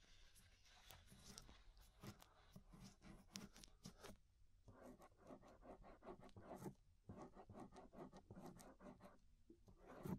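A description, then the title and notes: Ear scraping, a dense run of short scratchy strokes repeating every fraction of a second across the whole ten seconds. The strokes are bright and gritty, with softer rubbing between them, a brief quieter gap near nine seconds, and a louder scrape at the end. Inner and Outer Ear Scraping (No Talking).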